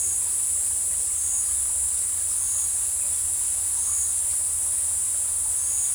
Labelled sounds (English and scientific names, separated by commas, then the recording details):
none
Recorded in dense forest near Puerto Asís, Putumayo, Colombia, on 20 December 2024 at 13:00
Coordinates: 0.467, -76.328
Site GP05